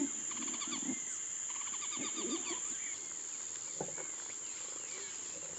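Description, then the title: Yellow-chinned spinetail calls in quick, dry, chattering rattles, two bursts in the first seconds, with a constant shrill insect buzz and faint other bird notes. Subspecies cearensis, assumed from the recording location. "LuckyPassaro Completos2Sama. Yellow-chinned Spinetail (Certhiaxis cinnamomeus cearensis (ssp assumed from location))"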